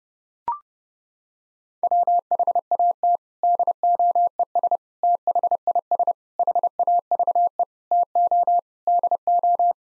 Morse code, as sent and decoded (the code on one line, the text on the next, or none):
.-- .... .- - / -.. --- . ... / - .... .. ... / .... .- ...- . / - --- / -.. ---
WHAT DOES THIS HAVE TO DO